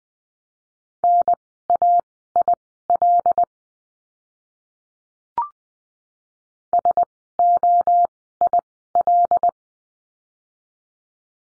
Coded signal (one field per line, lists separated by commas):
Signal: Morse code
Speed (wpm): 20 wpm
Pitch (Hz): 700 Hz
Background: none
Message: NAIL SOIL